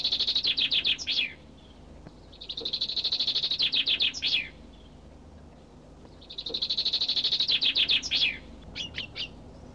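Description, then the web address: Bird song: three rapid high trills, each one to two seconds long and separated by pauses, with a few short notes at the end. "audio animali uccelli 03 uccelli birds 08"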